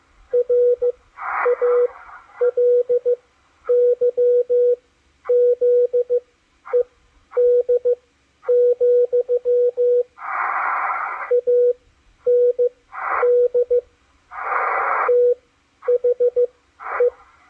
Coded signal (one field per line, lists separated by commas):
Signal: Morse code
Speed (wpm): 15 wpm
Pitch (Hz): 490 Hz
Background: radio noise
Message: RALYZED, AND THE